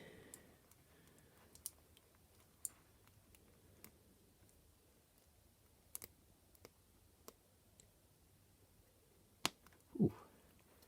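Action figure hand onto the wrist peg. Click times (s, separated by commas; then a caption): 1.7 s, 2.6 s, 9.4 s. Plastic high-five hands are pushed onto the wrist pegs of a WWE Ultimate Edition action figure, with faint small ticks scattered through the quiet. Sharp clicks at 1.7 s, 2.7 s and 9.5 s mark the hands seating on the pegs, and a short low thud follows at about 10.0 s. The hands are hard to push in but click into place.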